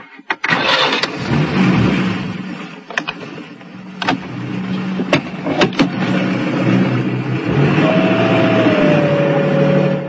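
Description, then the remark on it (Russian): A car engine starts with a few sharp clicks and thumps, then revs and settles into a steady mid-pitched drone as the vehicle pulls away and keeps driving, a rising whine joining near the end. “На улице Зеленой Генчик увидел из окошка машины вчерашних врагов.”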